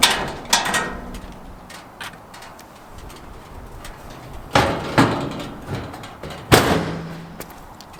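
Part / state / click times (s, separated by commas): car door latch into the striker on the body / seated / 4.6 s, 5.0 s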